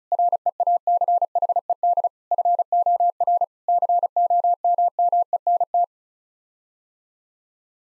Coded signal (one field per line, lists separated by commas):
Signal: Morse code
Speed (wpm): 36 wpm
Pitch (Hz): 700 Hz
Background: none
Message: REACHED FOR COMMENT